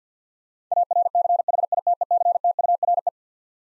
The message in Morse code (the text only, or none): ARCHITECTURE